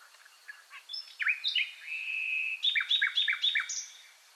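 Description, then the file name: Common nightingale song: a varied phrase of short slurred whistles, a sustained even whistle, then a quick run of sharp repeated notes. "Luscinia megarhynchos"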